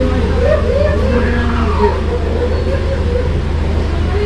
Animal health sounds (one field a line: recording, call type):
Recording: domestic cat vocalisation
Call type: copulatory cry